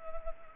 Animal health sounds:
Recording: mosquito wingbeat signal from an infrared sensor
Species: Culex pipiens

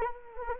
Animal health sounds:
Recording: mosquito wingbeat signal from an infrared sensor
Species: Anopheles gambiae

